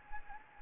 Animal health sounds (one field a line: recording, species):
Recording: mosquito wingbeat signal from an infrared sensor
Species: Anopheles gambiae